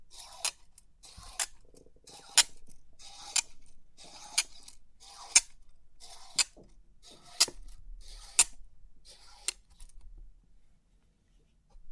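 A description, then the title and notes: Crisp clicks and rattles from a 3D pin art toy, a sharp snap roughly once a second, each followed by a brief patter of tinkling pins. The rhythm holds steady for about ten seconds before fading into near silence, with a low hum underneath. Crisp 3D Pin Art Tingles(No Talking).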